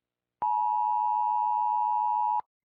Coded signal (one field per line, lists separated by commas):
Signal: Emergency Alert System (SAME) tones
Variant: 853 and 960 Hz attention tone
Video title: Trazura EAS Warning (Scary)